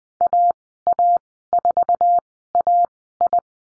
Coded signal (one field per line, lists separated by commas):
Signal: Morse code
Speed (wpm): 20 wpm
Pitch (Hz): 700 Hz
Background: none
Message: AA4AI